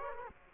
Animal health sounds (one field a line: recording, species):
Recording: mosquito wingbeat signal from an infrared sensor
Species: Aedes aegypti